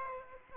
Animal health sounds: mosquito wingbeat signal from an infrared sensor; Aedes aegypti

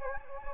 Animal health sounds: mosquito wingbeat signal from an infrared sensor; Anopheles gambiae

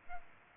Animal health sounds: mosquito wingbeat signal from an infrared sensor; Aedes albopictus

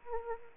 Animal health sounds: mosquito wingbeat signal from an infrared sensor; Anopheles arabiensis

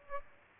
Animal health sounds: mosquito wingbeat signal from an infrared sensor; Aedes aegypti

